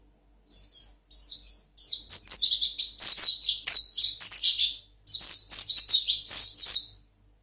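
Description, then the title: White-eye song: high, thin twittering phrases of quick chirps and slurred notes, delivered in bursts with a short pause midway. Song style described as ngalas ngeroll. "Kumpulan Pleci Ngalas Ngeroll"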